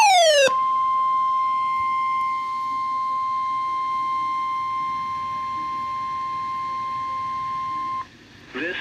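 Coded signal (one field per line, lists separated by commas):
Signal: Emergency Alert System (SAME) tones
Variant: 1050 Hz attention tone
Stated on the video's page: Weekly test from weather radio transmitter KEC78.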